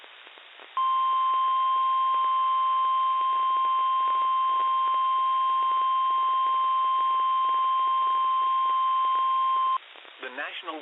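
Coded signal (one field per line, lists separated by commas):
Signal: Emergency Alert System (SAME) tones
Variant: 1050 Hz attention tone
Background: speech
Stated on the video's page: NOAA weather radio Severe Thunderstorm Warning.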